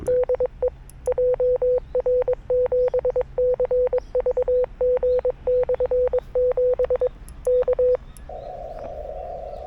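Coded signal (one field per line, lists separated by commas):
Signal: Morse code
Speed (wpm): 22 wpm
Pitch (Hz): 500 Hz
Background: none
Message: DE JR7CVG/7 K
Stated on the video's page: CW POTA activation from Sanriku Fukko National Park on 40m and 30m, Yaesu FTX-1F at 5W, RHM12 antenna, BaMaKeY TP-III paddle.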